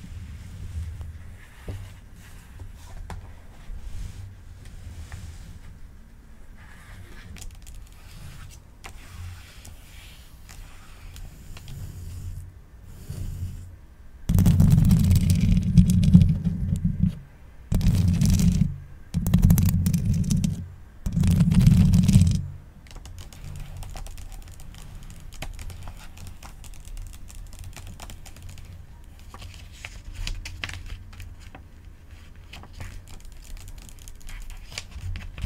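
Pages of a book being handled, with soft taps and small rustles over a low steady hum. Between about 14 and 22 seconds come four louder, fuller bursts of paper flipping, then the handling returns to quiet, light touches.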